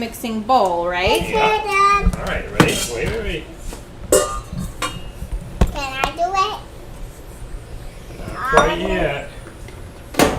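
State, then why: Seated. A mixer attachment (whisk, beater or dough hook) is pushed up into a stand mixer head and turned until it locks, while people talk over metal kitchen clatter. A sharp hit at 10.2 seconds marks the attachment clicking into place, and it is confirmed seated so it won't move.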